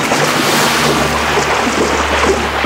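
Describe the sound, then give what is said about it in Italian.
An overloaded boat sinks into the sea under too much weight, with a steady, loud wash of churning water and a low rumbling drone running throughout, no voices. “Il peso divenne troppo e la barca affondò con tutti dentro.”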